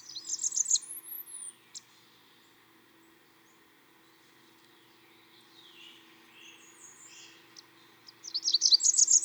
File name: song Christopher-Mc Pherson-Blackburnian-Warbler-Setophaga-fusca